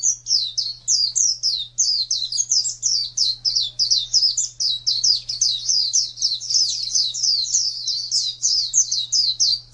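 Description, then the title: White-eye singing a rapid, continuous run of thin, high warbled notes with brief dips in volume, and a steady low hum beneath. "Pleci suara"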